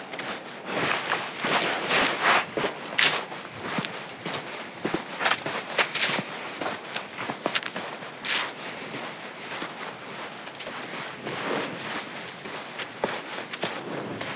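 Footsteps on a night hike along the Appleton Trail, a busy run of crunching, scuffing steps that keeps up for the whole stretch with no pauses. Sharper crackles stand out near the two, six and eight second marks, and a faint rustle sits underneath.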